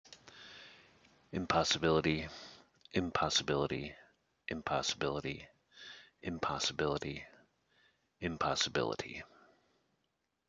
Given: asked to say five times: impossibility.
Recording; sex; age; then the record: repeated word; male; 40 to 49 years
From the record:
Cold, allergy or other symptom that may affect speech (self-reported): no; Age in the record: 47 years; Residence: Michigan, United States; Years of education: 12